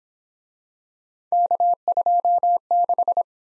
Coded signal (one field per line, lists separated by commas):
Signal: Morse code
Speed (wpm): 26 wpm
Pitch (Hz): 700 Hz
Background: none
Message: K26